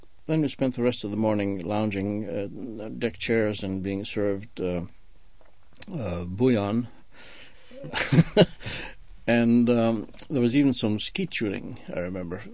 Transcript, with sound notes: then we spent the rest of the morning lounging in deck chairs and being served, uh, boullion. (he laughs) There was even some skeet shooting I remember.